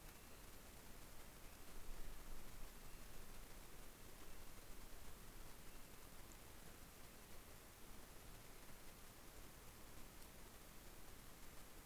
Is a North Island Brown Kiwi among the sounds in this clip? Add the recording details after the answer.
yes. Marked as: faintness 5/5. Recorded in New Zealand on 18 December 2013. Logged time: 22:59. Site CJ71